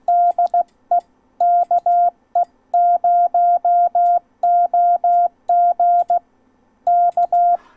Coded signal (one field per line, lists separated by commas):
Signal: Morse code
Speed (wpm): 15 wpm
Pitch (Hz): 700 Hz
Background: none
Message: DE KE0OG K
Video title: Ask Dave 13: The CW Renaissance